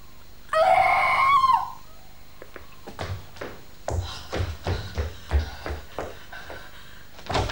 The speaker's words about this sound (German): Häschen, was ist passiert? Warum hast du so geschrien?